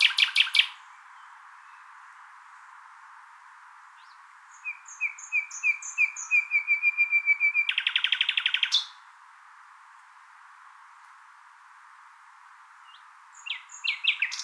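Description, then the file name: Common nightingale song: a sharp phrase, silence, then soft whistles building into a crescendo and a loud buzzy churring rattle, followed by another pause and phrase. "Luscinia megarhynchos"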